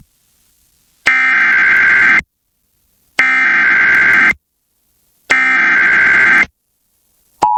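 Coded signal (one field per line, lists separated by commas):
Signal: Emergency Alert System (SAME) tones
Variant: header bursts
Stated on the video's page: Real alert relayed by KALT-FM: severe thunderstorm warning for New Orleans, Louisiana.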